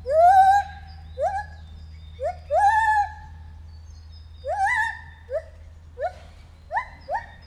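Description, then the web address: White-handed gibbon call: a loud wail, then clusters of rapid upward-sweeping hoots, some doubled, over a faint low hum. At Debrecen Zoo in 2019, during our first encounter. "allathangok debrecenizoo 2019 feherkezu gibbon elsotalalkozasunk"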